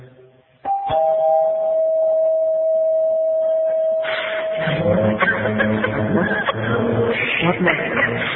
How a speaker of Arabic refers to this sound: عندك الجرس.